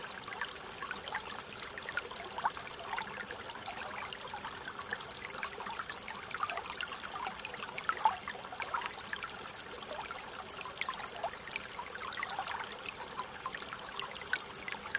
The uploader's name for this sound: The flat and flowing gentle water along the river bank